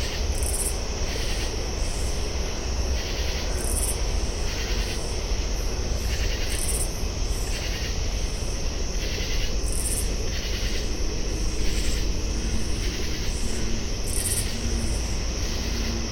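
Oblong-winged Katydids give short, bright buzzing bursts about every second over a dense, steady katydid chorus and a low, continuous rumble.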